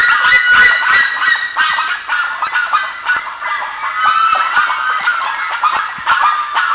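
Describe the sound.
Birds honking loudly together, many rough nasal calls overlapping in rapid, irregular bursts throughout.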